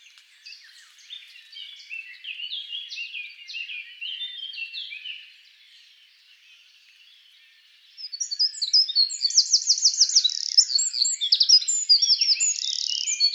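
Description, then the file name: Eurasian wren, soft-sounding twittering fades out, then after a short pause loud rapid trills and high whistled notes pour out continuously. "Troglodytes troglodytes"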